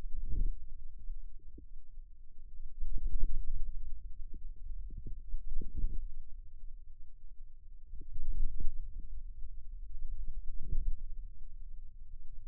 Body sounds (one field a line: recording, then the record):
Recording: forearm muscle sounds (acoustic myography)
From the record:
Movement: hand closing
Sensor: system 2, bracelet of six BSWA MPA416 microphones around the upper forearm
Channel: 1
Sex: female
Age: 22 years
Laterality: right